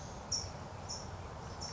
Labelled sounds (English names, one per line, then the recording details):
California Towhee
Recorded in Sonoma County, California